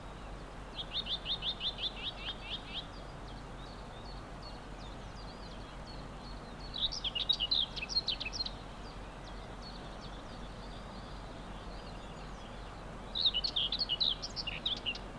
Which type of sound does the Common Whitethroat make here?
song